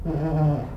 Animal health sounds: contact call of a hoofed animal; goat; low-frequency (closed-mouth) or high-frequency (open-mouth) call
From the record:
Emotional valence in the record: negative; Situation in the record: food frustration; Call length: 0.77 s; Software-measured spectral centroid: 1210 Hz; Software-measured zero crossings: 580 a second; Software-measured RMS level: -24 dBFS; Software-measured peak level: -12 dBFS

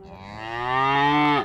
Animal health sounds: contact call of a hoofed animal; cattle; low-frequency (closed-mouth) or high-frequency (open-mouth) call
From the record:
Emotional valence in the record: negative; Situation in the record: full separation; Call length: 1.45 s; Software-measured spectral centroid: 1630 Hz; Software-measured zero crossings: 2110 a second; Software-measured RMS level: -23 dBFS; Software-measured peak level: -10 dBFS

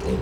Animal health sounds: contact call of a hoofed animal; pig; closed-mouth grunt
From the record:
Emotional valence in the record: positive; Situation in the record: food and toys in familiar pen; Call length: 0.21 s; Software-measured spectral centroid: 1940 Hz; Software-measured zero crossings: 1260 a second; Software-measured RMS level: -24 dBFS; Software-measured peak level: -13 dBFS

